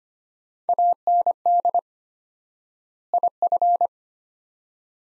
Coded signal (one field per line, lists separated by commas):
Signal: Morse code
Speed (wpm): 25 wpm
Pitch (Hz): 700 Hz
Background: none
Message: AND IF